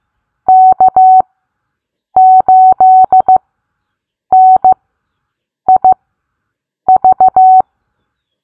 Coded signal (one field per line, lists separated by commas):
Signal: Morse code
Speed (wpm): 15 wpm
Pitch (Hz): 750 Hz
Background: none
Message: K8NIV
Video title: Learn Morse Code Bingo Style! What Callsign Did You Get is now a game! Let’s Play!